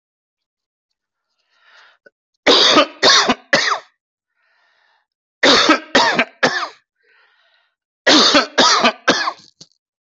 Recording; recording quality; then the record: heavy voluntary cough; excellent, no background noise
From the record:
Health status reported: healthy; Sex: male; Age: 56 years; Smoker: yes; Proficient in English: yes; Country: India